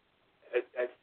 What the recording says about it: My hiccups have come back. I know you can hear these hiccups.